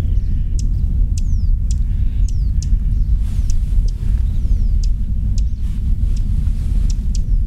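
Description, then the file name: Dusky warbler giving dry, clicking tack notes at uneven intervals, with a few faint descending whistles and a persistent low background rumble. "warbler-dusky -Phylloscopus-fuscatus"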